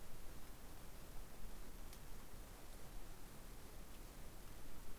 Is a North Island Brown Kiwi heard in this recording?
no